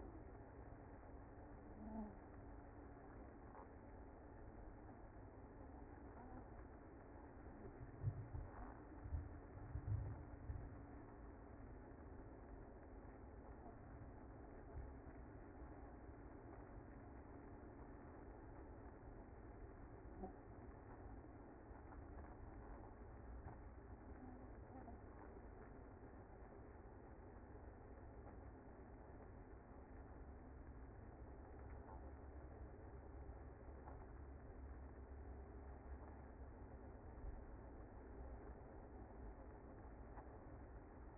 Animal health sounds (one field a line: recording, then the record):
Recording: honeybee colony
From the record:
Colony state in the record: active